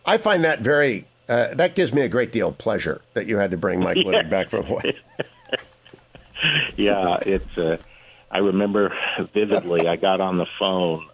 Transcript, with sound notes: I find that very, that gives me a great deal of pleasure that you had to bring Mike Luttig back from Hawaii.
(laughing) Yes. Yeah, it, I remember vividly. I got on the phone,